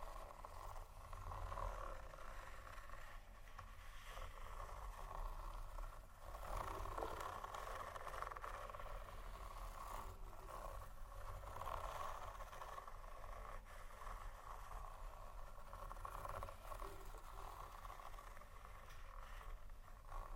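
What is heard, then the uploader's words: Continuous scratching and tapping on textured surfaces, a dense, steady rasp with no pauses over the twenty seconds. Scattered faint clicks and taps punctuate it, and a low rumbling hum runs underneath throughout. ASMR Scratchingtapping On Textures（No Talking）.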